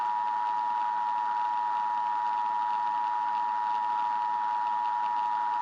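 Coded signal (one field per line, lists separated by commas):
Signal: Emergency Alert System (SAME) tones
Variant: 853 and 960 Hz attention tone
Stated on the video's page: Fictional EAS scenario alert about a hot Jupiter approaching Earth.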